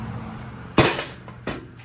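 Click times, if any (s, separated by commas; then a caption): 1.3 s, 1.5 s. Metal anti-rattle hardware clips that came with a new rear caliper for an Audi A4 are pressed into the grooves of the caliper mounting bracket. A loud knock at about 0.8 s is followed by short snaps at 1.3 s and 1.5 s as the clips seat into the bracket.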